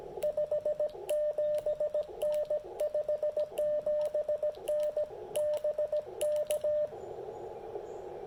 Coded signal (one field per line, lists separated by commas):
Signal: Morse code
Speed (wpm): 17 wpm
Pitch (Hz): 600 Hz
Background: radio noise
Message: 57N 57N BK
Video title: Poor propagation but impressive QRP DX with the CHA MPAS 2.0 and Icom IC-705